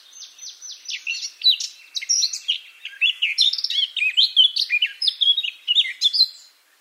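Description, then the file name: Eurasian blackcap song: a quick run of repeated high notes, then a rich, fast, varied warble of clear, fluty and chattering phrases lasting about six seconds. "Sylvia atricapilla"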